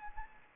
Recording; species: mosquito wingbeat signal from an infrared sensor; Anopheles gambiae